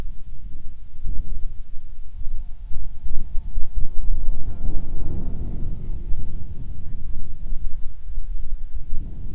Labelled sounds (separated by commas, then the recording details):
wind, insects
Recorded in the Prudhoe Bay oil fields, Alaska, on 10 July 2019 at 14:38
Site 14